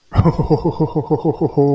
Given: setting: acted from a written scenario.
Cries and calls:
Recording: vocal sound without words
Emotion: contentment

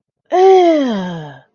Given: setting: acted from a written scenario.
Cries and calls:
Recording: vocal sound without words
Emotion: disgust

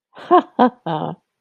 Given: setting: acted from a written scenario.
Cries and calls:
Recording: vocal sound without words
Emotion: amusement

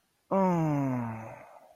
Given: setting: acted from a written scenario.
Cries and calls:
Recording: vocal sound without words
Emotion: relief

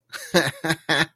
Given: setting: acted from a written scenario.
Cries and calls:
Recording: vocal sound without words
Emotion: amusement

